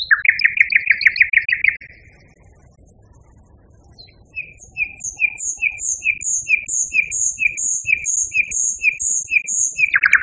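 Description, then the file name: Nightingale song, a loud buzzy rattle, a pause, then a long series of evenly repeated high double notes about twice a second, ending in another rattle. Song variation. "kicauan-nightingale-b-variasi 5-omkicau"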